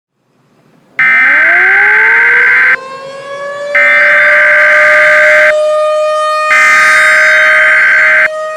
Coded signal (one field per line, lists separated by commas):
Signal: Emergency Alert System (SAME) tones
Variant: header bursts